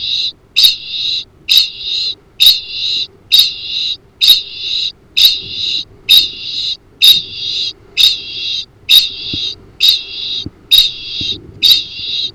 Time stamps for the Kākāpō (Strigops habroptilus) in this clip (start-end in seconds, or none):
0.00-12.34